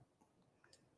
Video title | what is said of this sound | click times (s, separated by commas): Ask a Janome Technician! LIVE | and you can hear it click I know you probably can't hear it click there but it does you can hear it click | 0.6 s, 0.7 s